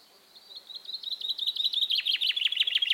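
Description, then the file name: Common chaffinch song: a rapid trill of bright, chirping notes that begins softly and builds in loudness. "Fringilla coelebs"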